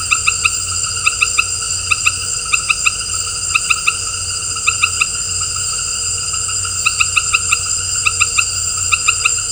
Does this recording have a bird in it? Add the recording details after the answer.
no. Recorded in dense forest near Puerto Asís, Putumayo, Colombia, on 4 March 2025 at 18:30. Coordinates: 0.468, -76.322. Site GP01